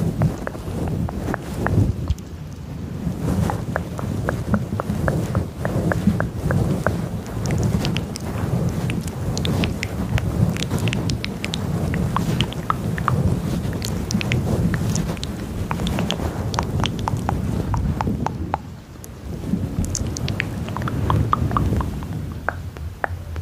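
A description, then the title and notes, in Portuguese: Wet mouth sounds and soft clicks pop constantly over a dense, low rainy hush that stays steady, briefly dipping near nineteen seconds. ASMR no Escurinho de uma Noite Chuvosa. Sons de Chuva e Sons de Boca.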